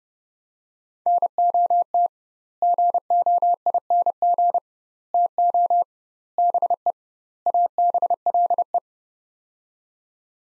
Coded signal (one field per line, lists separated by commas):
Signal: Morse code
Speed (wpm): 30 wpm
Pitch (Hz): 700 Hz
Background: none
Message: NOT GOING TO BE ABLE